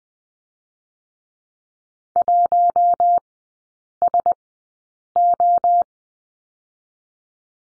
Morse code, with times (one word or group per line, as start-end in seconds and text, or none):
2.2-3.2 1
4.0-4.3 S
5.2-5.8 O